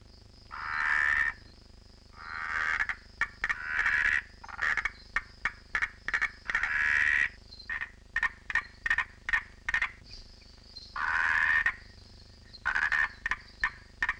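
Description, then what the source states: Andean marsupial tree frog calls in a choppy series: harsh buzzy bursts alternate with clusters of short, rapid clicking pulses, over a steady faint high-pitched hum. Laboratory colony of an Andean high-plateau frog; during mating period males call by inflating the vocal sac to attract a mate, and the serenade becomes a choppier rivalry signal to deter a competitor.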